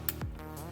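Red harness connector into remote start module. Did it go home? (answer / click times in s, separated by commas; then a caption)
yes / 0.1 s. A red TPMS-cut plastic harness connector from a 2014-2018 Toyota Corolla H-key plug-and-play remote start kit is pushed into the back side of the remote start module. A sharp click at 0.1 s marks it seating, followed by two fainter knocks over a steady low hum. The connector is seated.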